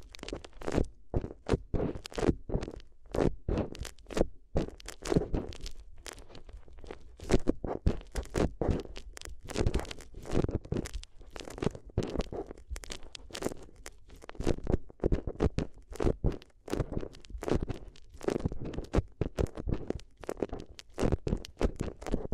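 Crisp paper crinkling and crunching fills the recording, with rapid, irregular bursts of rustle and tearing-like scrunches packed densely throughout. Each sharp crackle is bright, with a soft low thump underneath at times, and the handling never pauses for long.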